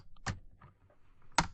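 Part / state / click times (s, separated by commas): laptop keyboard in the laptop top case / released / 1.4 s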